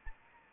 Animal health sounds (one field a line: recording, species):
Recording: mosquito wingbeat signal from an infrared sensor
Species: Anopheles arabiensis